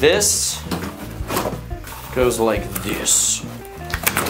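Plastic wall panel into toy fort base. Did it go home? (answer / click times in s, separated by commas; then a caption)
no / none. A plastic toy fort wall panel is being handled and positioned for insertion into its holes in the toy fort base, with music playing and someone talking. Brief plastic knocks and taps are heard near the end, at about 3.9 s and 4.2 s. Nothing has seated or clicked into place yet.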